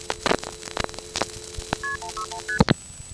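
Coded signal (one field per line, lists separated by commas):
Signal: multi-frequency trunk signalling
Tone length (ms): 90 ms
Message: KP161ST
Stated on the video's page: Recordings of dialing 1xx codes from coin phones on the old telephone network, 1978–1980.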